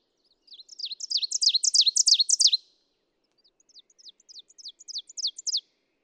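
Ovenbird song, a loud rapid series of repeated high ringing phrases rising in intensity, followed by a quieter, more spaced run of similar phrases.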